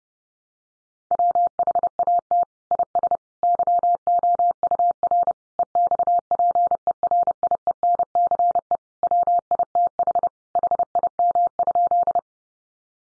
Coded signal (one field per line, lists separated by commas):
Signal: Morse code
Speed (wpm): 30 wpm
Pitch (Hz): 700 Hz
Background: none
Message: WHAT IS YOUR EXPERIENCE WITH HIM?